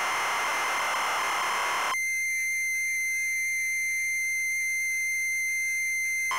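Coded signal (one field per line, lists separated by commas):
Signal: ZX Spectrum tape loading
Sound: two seconds of harsh buzzing data screech, then a steady high whine with hum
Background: electrical hum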